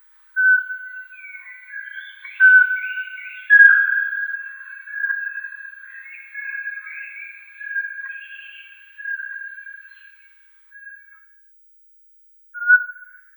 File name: Sychik vorobinyj